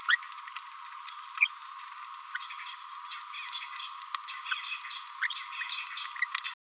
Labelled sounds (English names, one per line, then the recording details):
Green-rumped Parrotlet babbling
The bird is a male
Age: 26 days
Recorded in a nest box in Venezuela
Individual 17B31A1